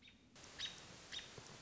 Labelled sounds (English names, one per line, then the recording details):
American Robin
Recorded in Sonoma County, California